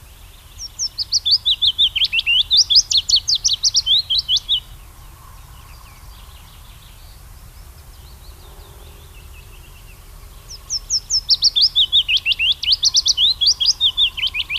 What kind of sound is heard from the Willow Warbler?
song